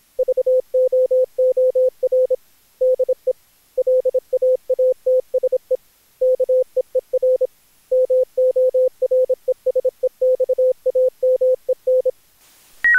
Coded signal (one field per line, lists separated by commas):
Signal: Morse code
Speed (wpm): 26 wpm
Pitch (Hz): 510 Hz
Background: none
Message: VOOR DE LAATSE KEER MORESEXAMEN